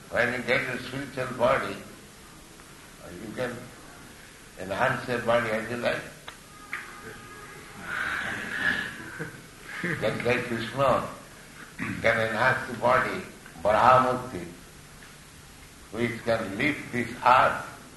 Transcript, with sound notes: When you get your spiritual body, you can enhance your body as you like. [laughter] Just like Kṛṣṇa can enhance the body---Varāha mūrti---which can lift this Earth